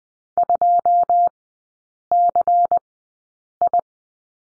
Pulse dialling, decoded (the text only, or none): none